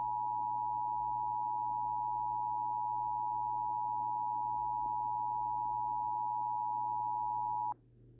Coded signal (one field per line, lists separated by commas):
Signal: Emergency Alert System (SAME) tones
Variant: 853 and 960 Hz attention tone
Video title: Sample EAS Alarm